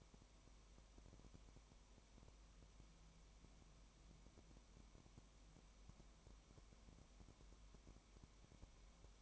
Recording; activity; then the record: daily activity, microphone in the room; no activity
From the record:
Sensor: 1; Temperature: 19.0 degrees Celsius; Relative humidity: 34.1%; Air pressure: 1001.3 hPa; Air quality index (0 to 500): 82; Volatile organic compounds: 1 ppm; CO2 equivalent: 822 ppm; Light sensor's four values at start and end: 1/2/1/1 and 1/2/1/1